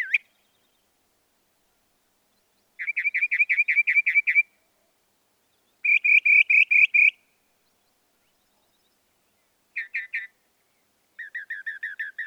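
Northern mockingbird song of varied phrases, each a string of repeated notes: a long rapid series, a louder series of seven, a brief double note, then a lower trill.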